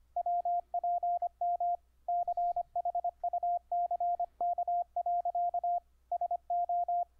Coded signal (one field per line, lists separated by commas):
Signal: Morse code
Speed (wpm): 24 wpm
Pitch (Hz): 700 Hz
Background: radio noise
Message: WPM CHUCK. SO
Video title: Setup Dahdidah keyer on UBUNTU 12.04 using WINE